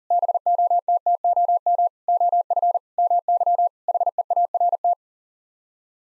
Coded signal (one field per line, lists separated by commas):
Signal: Morse code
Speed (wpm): 37 wpm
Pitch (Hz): 700 Hz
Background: none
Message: BOTTOM OF MY HEART